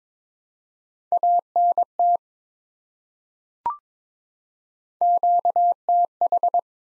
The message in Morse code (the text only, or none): ANT QTH